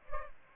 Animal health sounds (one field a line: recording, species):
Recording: mosquito wingbeat signal from an infrared sensor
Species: Culex pipiens